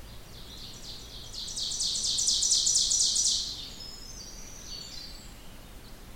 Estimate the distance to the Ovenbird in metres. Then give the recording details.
about 15 m. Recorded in boreal forest in Alberta, Canada, on 16 June 2016 at 06:34. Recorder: SongMeter 3, array SBT-3-32. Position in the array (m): 163 m, 33 m. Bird 36